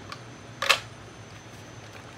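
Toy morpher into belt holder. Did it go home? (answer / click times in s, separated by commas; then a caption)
no / none. A differently designed plastic toy Power Rangers Lightning Collection morpher is pushed into a belt holder, giving a faint tap near 0.1 s and a short, sharper plastic knock around 0.6–0.7 s. The morpher does not go in or lock because of the design differences; nothing has seated or clicked yet.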